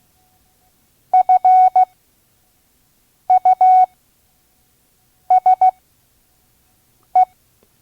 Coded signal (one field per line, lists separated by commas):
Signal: Morse code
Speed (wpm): 16 wpm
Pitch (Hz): 740 Hz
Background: none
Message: FUSE